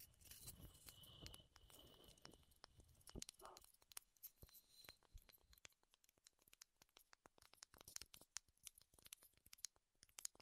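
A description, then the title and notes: Wood triggers: dense scratching and rubbing fill the first five seconds, with a thin whistling tone riding above and a brief tonal squeak near three seconds. After that the sound thins into sharp, scattered taps and clicks, irregular and fairly quiet, continuing to the end. ASMR Wood Triggers in Your Ears (No Talking).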